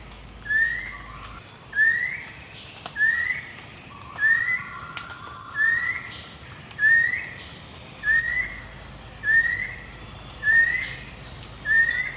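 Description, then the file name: Banded kingfisher calling with a series of clear, short rising whistles, repeated roughly every one and a quarter seconds, with fainter lower whistles behind. "cekakak hutan melayu"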